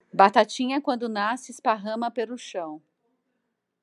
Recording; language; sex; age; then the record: short text; Brazilian Portuguese; female; 50 to 59 years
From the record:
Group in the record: control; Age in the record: 53 years